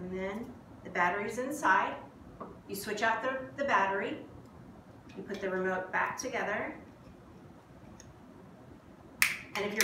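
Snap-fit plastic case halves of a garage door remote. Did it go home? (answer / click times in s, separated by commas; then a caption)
yes / 9.2 s. Someone talks while the two snap-fit plastic halves of a garage door remote case are pressed back together after the battery is changed. The case snaps shut with a sharp click at 9.2 s, and the remote is seated back together.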